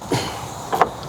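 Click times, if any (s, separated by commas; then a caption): none. A wiring harness plug is pushed back onto an ignition coil, giving a short scraping rustle near 0.1 s and a second plastic shuffle around 0.7 to 0.85 s with a sharp knock at 0.8 s. The connector's clip will not go over the top of the tab, so it has not clipped on; nothing has seated or clicked yet.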